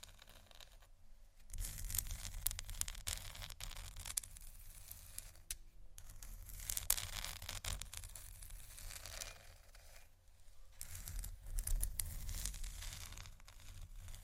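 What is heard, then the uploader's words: Scratching sounds, rough and continuous, with dry crackly, crinkly texture and a steady low rumble underneath. Short quiet gaps near 1, 5.8 and 10.5 seconds break the otherwise dense scraping, with sharper ticks and clicks scattered throughout. ASMR Scratching Only For Sleep & Relaxation (No Talking).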